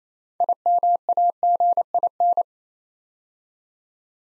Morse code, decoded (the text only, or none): IMAGIN